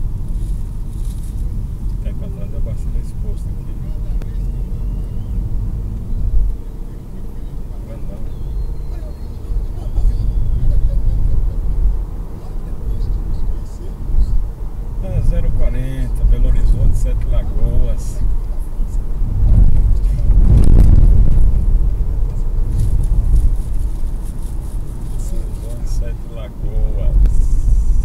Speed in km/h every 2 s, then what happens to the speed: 54, 53, 57, 65, 68, 75, 79, 80, 84, 84, 84, 85, 82, 72.
2-16 speeds up to 84. 16-23 steady at about 84. 23-28 slows to 72.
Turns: none.